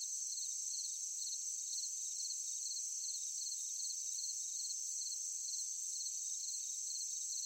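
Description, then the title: Crickets chirping in fast regular pulses, each chirp brief and high, set against a continuous buzzing insect chorus. Night in a forest, with other insects calling alongside the crickets. "Sound of forest at night, crickets, cicadas, insects. ASMR Nature Sound"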